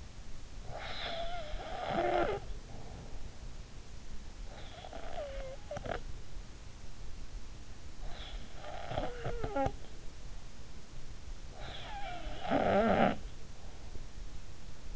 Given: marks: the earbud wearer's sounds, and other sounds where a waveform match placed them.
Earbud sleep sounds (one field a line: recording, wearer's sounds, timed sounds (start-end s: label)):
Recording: sounds in sleep by an in-ear microphone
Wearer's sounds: snoring breath, breath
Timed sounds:
0.00-4.58 s: snoring breath
4.58-11.64 s: breath
11.64-14.96 s: snoring breath